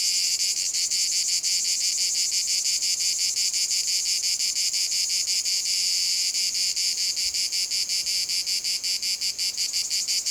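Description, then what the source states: Cicadas calling, a loud harsh buzz broken into rapid repeated pulses, the rhythmic throbbing becoming more distinct in the second half. Cicada field at Domaine de la Sablière, Saint-Privat-de-Champclos, France; recorded with a Zoom H6 using an M/S microphone.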